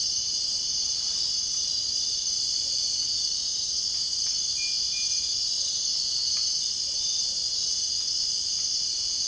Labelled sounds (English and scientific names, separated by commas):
none